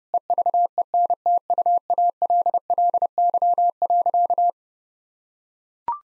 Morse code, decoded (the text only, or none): EVENTUALLY.